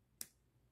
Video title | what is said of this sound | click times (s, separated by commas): CMF Watch Pro 2 By Nothing Full Review! Is This Budget Watch Worth It? | that little click and then you know it's in there all the way because you can put it on and it looks like it's all the way on | 0.2 s